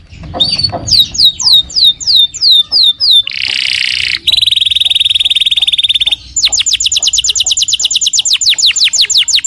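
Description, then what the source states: Canary song mixing descending whistled notes, a harsh buzzy burst, a long steady high tone, then a rapid even trill of short notes. Long-duration lure and tutor recording for young canaries.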